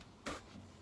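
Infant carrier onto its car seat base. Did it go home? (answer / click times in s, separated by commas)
no / none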